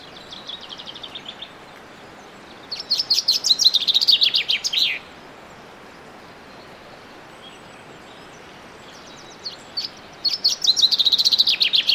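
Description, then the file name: Common chaffinch singing: a soft trill, then a full cascading song of rapid notes ending in a flourish, and a second similar song phrase starting near the end. "Fringilla coelebs"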